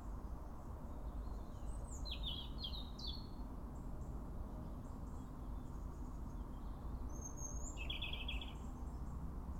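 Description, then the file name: European robin delivering short, high, trilled phrases, a cluster early and another near the end, with a steady low hum behind. "Erithacus rubecula"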